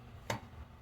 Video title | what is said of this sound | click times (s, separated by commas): Complete F10 M5 Oil Change Tutorial | boom did you hear that click yeah another one | 0.3 s